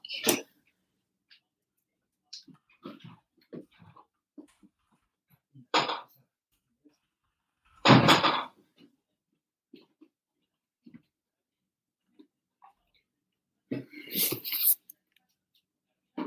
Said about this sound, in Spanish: porque está aquí, es que está mi perro, que está en la puerta, que quiere entrar.